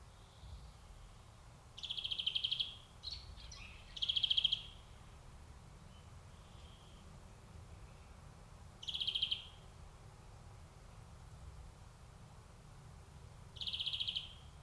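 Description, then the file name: European greenfinch calling with short nasal buzzes, two close together early on, then two more after long pauses; soft background hiss. "Chloris chloris"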